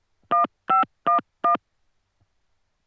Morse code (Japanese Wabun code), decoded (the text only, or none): none